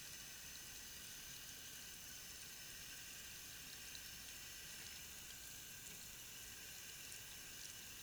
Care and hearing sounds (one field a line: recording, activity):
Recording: daily activity, guitar pickup as the sensor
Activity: wash hands